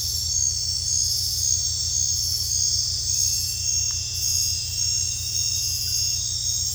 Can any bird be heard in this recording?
no